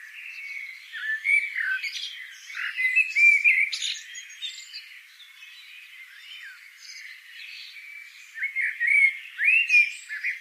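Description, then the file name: Eurasian blackbird giving squawky, twittering notes with short, rising whistles, in several loud bursts with a quieter stretch before the last. "Turdus merula"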